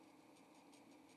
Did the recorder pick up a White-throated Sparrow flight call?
no